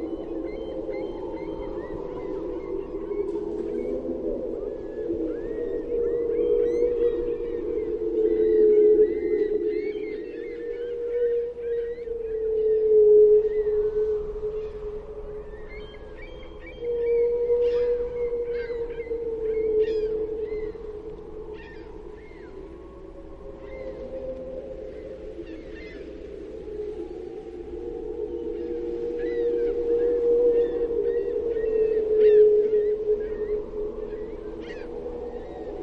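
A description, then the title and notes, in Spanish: Whales call in long, low moaning tones that rise and fall almost without pause, swelling loudest around 8–13 and 30–33 seconds. Above them, short bright cries, likely gulls, flicker on and off throughout. A faint low rumble of open water sits underneath. El sonido azul de las ballenas y las gaviotas en el inmenso océano. Al escuchar estos ¨cantos de ballenas¨, se encuentran patrones repetidos, es casi como letra escrita cantada por un coro familiar.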